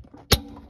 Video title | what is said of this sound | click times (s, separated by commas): How to install (or replace) a kitchen sink faucet | when you hear that click you know what it's in so just give it a test | 0.3 s